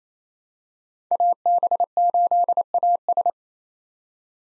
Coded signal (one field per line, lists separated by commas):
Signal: Morse code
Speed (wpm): 28 wpm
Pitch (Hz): 700 Hz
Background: none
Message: AB8AS